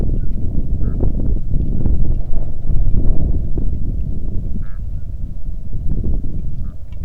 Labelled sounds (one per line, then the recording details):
waterfowl
wind
rain
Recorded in the Arctic National Wildlife Refuge, Alaska, on 3 August 2019 at 09:05
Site 46